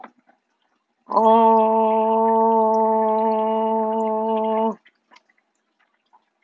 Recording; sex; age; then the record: vowel held as long as possible; female; 50 to 59 years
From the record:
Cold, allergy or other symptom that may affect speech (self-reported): no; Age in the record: 50 years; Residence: Ohio, United States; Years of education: 12